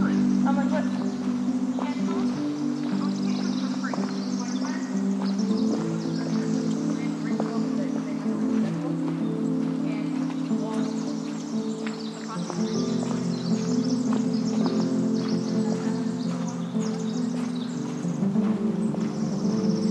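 Outdoors in the Upper Macleay section of Forest Park, Portland, Oregon, a loud, steady low drone fills all twenty seconds, its pitch stepping up and down in layered tones. Brief sharp clicks and calls, possibly birds or voices, scatter over it, and the sound eases slightly around twelve seconds.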